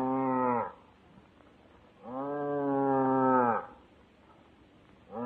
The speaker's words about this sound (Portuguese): O enterro fantástico estava ali, parado pelo cansaço. E como mugia o pobrezinho.